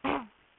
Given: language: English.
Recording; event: throat vibration sensor signal played as sound; throat clearing